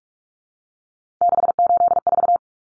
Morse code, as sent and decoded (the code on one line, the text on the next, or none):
-.... ---.. ....-
684